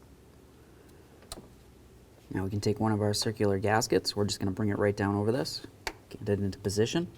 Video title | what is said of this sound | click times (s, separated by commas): How to Replace Throttle Body Gasket Chevy C/K1500 1988-2000 | little pitons press it in listen for a click give it a nice tug make sure it's secure do the same on the other one | 1.3 s